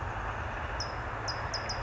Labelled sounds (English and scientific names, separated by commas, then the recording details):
California Towhee (Melozone crissalis)
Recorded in Sonoma County, California